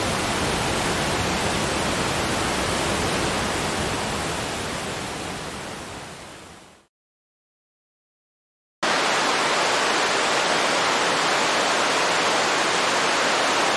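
A waterfall pours in a thick, unbroken roar that fills everything from low rumble to bright hiss. Around six seconds it fades away into about two seconds of complete silence, then snaps back abruptly at full strength and holds steady to the end.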